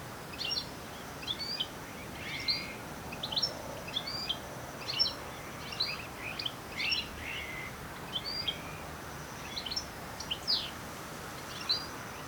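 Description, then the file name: European goldfinch calling repeatedly with bright, twittering high notes in short bursts about every second, over a constant background hiss. "Carduelis carduelis"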